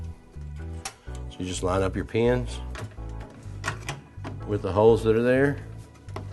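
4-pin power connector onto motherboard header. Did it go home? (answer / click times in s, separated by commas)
no / none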